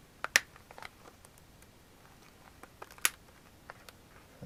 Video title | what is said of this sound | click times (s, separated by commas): How to fix Aprilaire. Aprilaire maintenance Aprilaire water panel replacement. Aprilaire model 550. | and that just clicks in here and | 0.4 s, 3.1 s